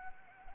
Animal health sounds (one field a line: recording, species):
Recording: mosquito wingbeat signal from an infrared sensor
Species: Anopheles arabiensis